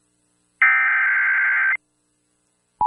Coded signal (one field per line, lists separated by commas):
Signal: Emergency Alert System (SAME) tones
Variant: header bursts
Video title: EAS #110 (Tornado Warning On KMKF-FM